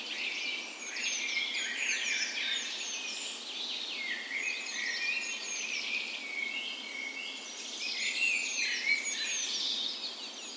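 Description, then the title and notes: Birds: dense dawn chorus of many birds, layered bright whistles, twittering phrases and trills overlapping continuously with no pauses. Dawn chorus on the morning of 17 May, Norway's National Day, in a park west in Bergen, Norway, in full spring; Sony PCM A10 recorder with LOM Usi microphones as tree ears. "17th Of May Dawn Chorus. Recorded on the morning of Norways National Day the 17th of May in a park west in Bergen. Spring is in full effect, and the dawn chorus sounds wonderful!"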